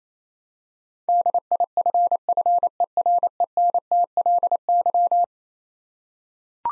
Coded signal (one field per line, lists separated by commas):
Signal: Morse code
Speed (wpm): 28 wpm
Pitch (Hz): 700 Hz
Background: none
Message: DIFFERENTLY